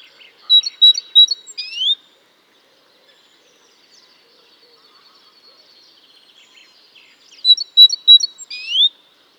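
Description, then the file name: Great tit giving a quick series of high, clipped notes that end in an upward-sweeping slur, two bouts separated by several seconds of quiet. "Parus major"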